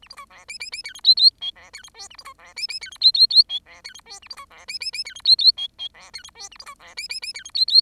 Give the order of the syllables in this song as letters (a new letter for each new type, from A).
A B C D E E E F G H H I D F G J A B C D E E F G H H H I D F G J A B C D E E E F G H H I I D F G J A B C D E E E F G H H